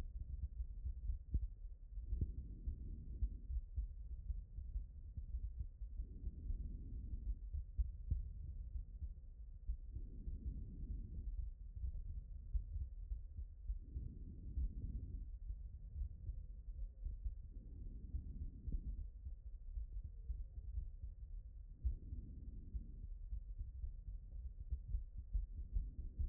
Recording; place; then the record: heart sounds by stethoscope; tricuspid valve (TV)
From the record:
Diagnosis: non-HFrEF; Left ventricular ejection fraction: 45%